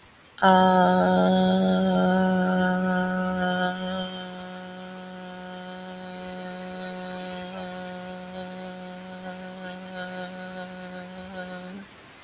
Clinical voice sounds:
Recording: vowel held as long as possible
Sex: female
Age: 20 to 29 years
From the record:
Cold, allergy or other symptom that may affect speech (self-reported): no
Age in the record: 21 years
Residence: South Carolina, United States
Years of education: 16

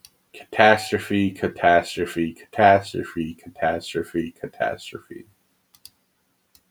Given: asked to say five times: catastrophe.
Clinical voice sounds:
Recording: repeated word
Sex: male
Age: 30 to 39 years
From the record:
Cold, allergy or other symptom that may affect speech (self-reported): no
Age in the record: 36 years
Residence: California, United States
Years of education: 16

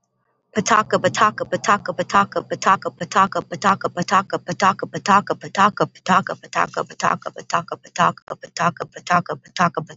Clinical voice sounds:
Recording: repeated syllables /pa ta ka/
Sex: female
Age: 20 to 29 years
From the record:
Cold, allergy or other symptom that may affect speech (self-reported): no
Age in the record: 29 years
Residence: California, United States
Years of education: 13

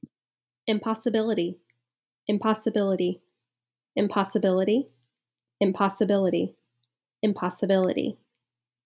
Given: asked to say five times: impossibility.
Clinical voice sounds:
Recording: repeated word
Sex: female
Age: 30 to 39 years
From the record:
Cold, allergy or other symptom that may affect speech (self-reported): no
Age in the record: 30 years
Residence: Georgia, United States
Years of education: 18

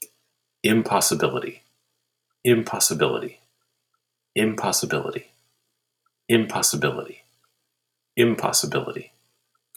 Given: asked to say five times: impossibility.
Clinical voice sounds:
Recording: repeated word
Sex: male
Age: 40 to 49 years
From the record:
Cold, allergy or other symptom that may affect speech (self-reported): no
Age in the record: 45 years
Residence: Massachusetts, United States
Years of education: 16

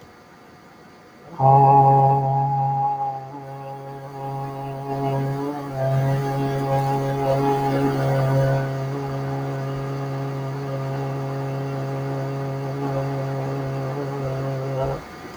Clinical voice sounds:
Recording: vowel held as long as possible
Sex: male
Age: 30 to 39 years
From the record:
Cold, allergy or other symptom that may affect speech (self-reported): no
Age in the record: 36 years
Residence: Ohio, United States

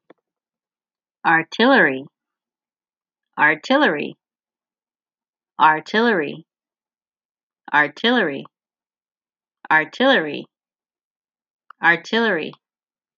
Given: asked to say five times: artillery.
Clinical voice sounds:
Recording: repeated word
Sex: female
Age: 40 to 49 years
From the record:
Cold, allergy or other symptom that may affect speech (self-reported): no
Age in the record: 45 years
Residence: California, United States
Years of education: 16

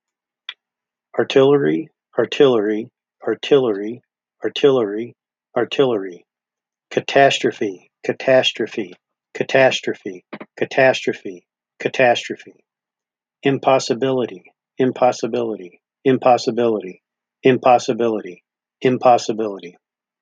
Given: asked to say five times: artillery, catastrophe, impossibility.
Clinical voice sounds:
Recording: three words, each repeated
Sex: male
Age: 50 to 59 years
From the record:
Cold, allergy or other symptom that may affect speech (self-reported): no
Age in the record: 57 years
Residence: Minnesota, United States

